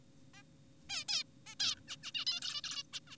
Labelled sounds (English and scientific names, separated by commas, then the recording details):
Zebra Finch (Taeniopygia guttata)
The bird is an adult
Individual g4p5U